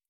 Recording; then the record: hydrophone in a shrimp aquaculture tank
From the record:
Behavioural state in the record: stressed